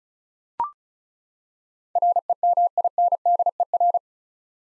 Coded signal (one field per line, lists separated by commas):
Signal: Morse code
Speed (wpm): 36 wpm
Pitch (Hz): 700 Hz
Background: none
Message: REMINDER